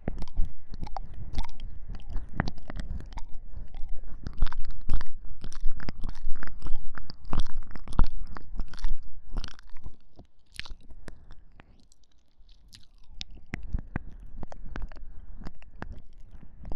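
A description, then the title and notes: Deep ear licking, wet clicky mouth sounds and smacks in dense bursts, easing into sparser, quieter smacks after ten seconds before building again. 我比較喜歡使用NT5舔耳的聲音.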